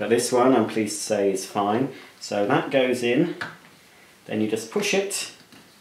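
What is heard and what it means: A replaceable seal part for a Hoover Aquamaster S4470 carpet and floor washing vacuum cleaner, checked and found fine, is handled and pushed toward its place in the tank while someone talks. Nothing has seated or clicked yet by the end of the clip.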